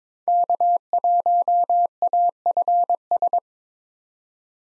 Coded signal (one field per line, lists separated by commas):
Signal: Morse code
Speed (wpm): 22 wpm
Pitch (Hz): 700 Hz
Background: none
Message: K1AFS